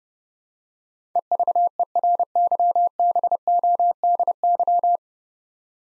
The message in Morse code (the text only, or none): EVERYBODY